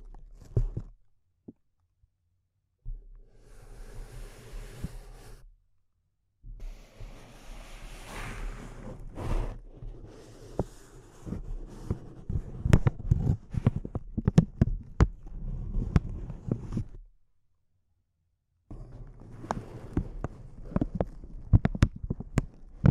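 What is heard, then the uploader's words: Crinkling sounds come in bursts, separated by short silences near 2, 6 and 17–19 seconds. Sharp crackles and pops stack densely during the middle stretch, from about 7 to 16 seconds, over a low rustling undertone. A sparser run of crisp snaps resumes near the end. ASMR Intense Close-Up Crinkles (No Talking).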